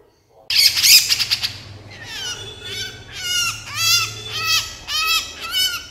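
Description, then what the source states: Horsfield's bush lark singing: an opening buzzy blast gives way to repeated ringing notes that slur downward, with a faint low hum underneath. Branjangan singing energetically and continuously (gacor), used to train songbirds (masteran).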